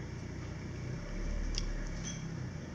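A magnetic charging connector is attached again to a pair of bone conduction headphones and snaps onto them with one short, sharp click at 1.6 s. The click rises above a low, steady background hum. The connector grabs on and seats by itself.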